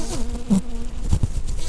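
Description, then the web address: Red-tailed bumblebee buzzing, a low steady hum that dips slightly early on, holds level and then stops, followed by a couple of soft thumps. Queen bumblebee. "Lapidarius queens"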